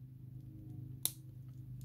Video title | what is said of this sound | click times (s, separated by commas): Transformers SS86 Kup review | and just snap into place and lock everything there | 1.0 s